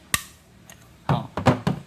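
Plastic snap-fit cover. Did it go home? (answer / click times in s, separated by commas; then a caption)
yes / 0.1 s. Pliers press the plastic cover half of a conduit tee fitting onto its base half, first on the side with the pipe, then diagonally, then on the other side. A sharp click at 0.1 s snaps the cover shut, followed by a faint tick and a run of dull knocks and taps near the end. The cover is closed with no gap remaining.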